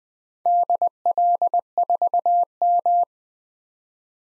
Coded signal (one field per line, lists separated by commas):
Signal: Morse code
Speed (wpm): 20 wpm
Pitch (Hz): 700 Hz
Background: none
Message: DL4M